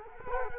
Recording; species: mosquito wingbeat signal from an infrared sensor; Culex quinquefasciatus